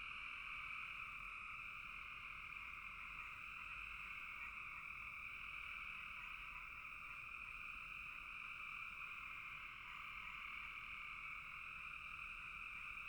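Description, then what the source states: Continuous frog chorus, a bright, high, shimmering trill held throughout, with a faint steady tone lower down. Frogs calling in a bog.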